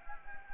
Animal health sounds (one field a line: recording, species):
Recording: mosquito wingbeat signal from an infrared sensor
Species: Anopheles gambiae